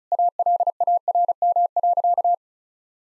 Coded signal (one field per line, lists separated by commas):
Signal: Morse code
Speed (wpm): 36 wpm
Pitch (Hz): 700 Hz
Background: none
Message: ALARM.